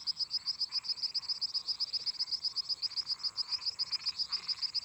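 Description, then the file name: Cricket song, a steady run of high, sharp chirps about four per second, with lower croaking and rasping frog calls coming in bursts underneath. Crickets singing constantly together with toads and frogs. "Grilos cantando constantemente em conjunto com sapos e ras"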